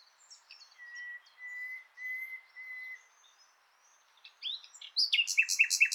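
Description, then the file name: Common nightingale song: soft twitters and several drawn-out whistles on one pitch, then a loud fast run of repeated chattering notes. "Luscinia megarhynchos"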